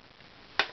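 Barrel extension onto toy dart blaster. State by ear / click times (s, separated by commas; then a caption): seated / 0.6 s. A plastic barrel extension, lined up on its two holes and two bosses, is pushed onto the front of a Nerf Longstrike CS-6 foam dart blaster, and the fit is a bit stiff. After quiet low-level noise, a single sharp snap is heard at 0.6 s, and the barrel is clipped on and seated.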